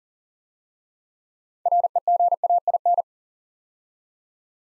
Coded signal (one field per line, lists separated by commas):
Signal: Morse code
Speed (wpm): 41 wpm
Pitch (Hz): 700 Hz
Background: none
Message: REGAIN